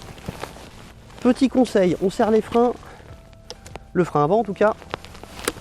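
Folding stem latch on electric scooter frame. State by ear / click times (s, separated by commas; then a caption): seated / 5.5 s. Someone talks while unfolding a Halo Knight T107 Pro electric scooter, holding the front brake and pushing the stem up on its folding latch on the frame, with small taps and knocks along the way. A sharp metal click at 5.5 s marks the stem latch seating home.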